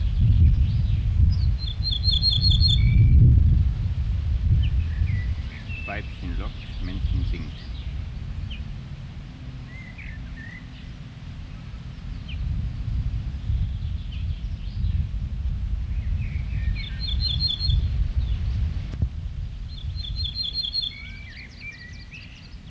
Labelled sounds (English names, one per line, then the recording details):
Ortolan Bunting alarm call
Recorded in the wild
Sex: pair
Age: adult
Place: Schloß Holte-Stukenbrock, Senne, Nordrhein-Westfalen, DE
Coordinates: 51.8683, 8.6575
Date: 1964-05-20
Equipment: Uher 4000 Report-S, Bändchenmikro Beyer M 260, Parabolspiegel Polyester (470 mm)
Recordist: Conrads, Klaus